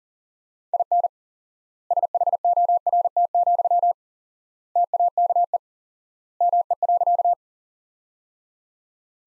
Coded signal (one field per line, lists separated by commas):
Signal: Morse code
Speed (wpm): 37 wpm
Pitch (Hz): 700 Hz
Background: none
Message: IN SHORT, TAKE ME.